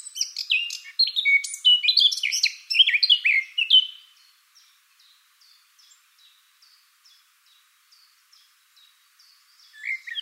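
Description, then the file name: Eurasian blackcap with a dense, quick warble of mixed high notes lasting four seconds, followed by faint regular ticks and a brief new phrase at the end. "Sylvia atricapilla"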